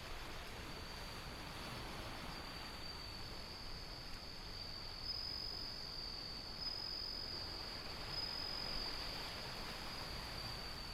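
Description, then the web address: Bell cricket song, high ringing bursts repeated in the second half, layered over dense roaring wind and ocean noise. Windy, with ocean sound. "windy scape osean sound suzumushi"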